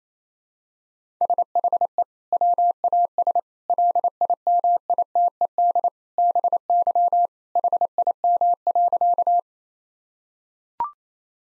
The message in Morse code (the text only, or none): SHE WAS LIMITED BY HIM.